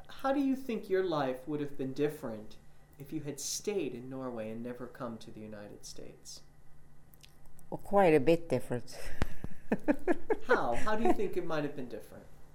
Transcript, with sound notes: How do you think your life would have been different if you had stayed in Norway and never come to the United States?
Oh, quite a bit different. (she laughs)
How? How do you think it might have been different?